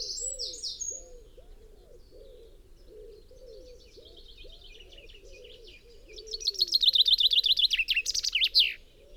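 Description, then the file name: Common chaffinch song, a fast descending run of chirpy notes ending in a flourish, heard near the end after softer bird notes, with low repeated notes underneath throughout. "Fringilla coelebs"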